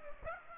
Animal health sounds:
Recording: mosquito wingbeat signal from an infrared sensor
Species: Aedes aegypti

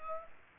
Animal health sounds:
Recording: mosquito wingbeat signal from an infrared sensor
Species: Culex pipiens

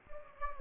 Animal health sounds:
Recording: mosquito wingbeat signal from an infrared sensor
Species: Anopheles gambiae

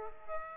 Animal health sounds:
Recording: mosquito wingbeat signal from an infrared sensor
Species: Aedes aegypti

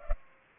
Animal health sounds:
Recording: mosquito wingbeat signal from an infrared sensor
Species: Culex pipiens

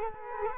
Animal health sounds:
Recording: mosquito wingbeat signal from an infrared sensor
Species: Culex quinquefasciatus

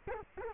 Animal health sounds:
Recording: mosquito wingbeat signal from an infrared sensor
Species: Culex quinquefasciatus

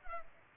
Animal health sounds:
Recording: mosquito wingbeat signal from an infrared sensor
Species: Culex pipiens

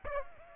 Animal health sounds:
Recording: mosquito wingbeat signal from an infrared sensor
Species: Aedes aegypti

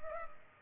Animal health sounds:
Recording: mosquito wingbeat signal from an infrared sensor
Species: Culex pipiens

